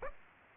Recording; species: mosquito wingbeat signal from an infrared sensor; Aedes aegypti